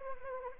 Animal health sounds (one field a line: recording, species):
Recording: mosquito wingbeat signal from an infrared sensor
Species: Anopheles arabiensis